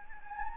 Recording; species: mosquito wingbeat signal from an infrared sensor; Anopheles gambiae